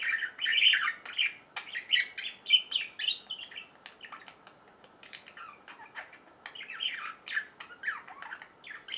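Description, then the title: Budgerigar chatter, rapid grating and warbled notes in uneven bursts, louder in the first half. "Budgie Sounds"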